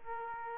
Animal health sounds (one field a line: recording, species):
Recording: mosquito wingbeat signal from an infrared sensor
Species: Aedes aegypti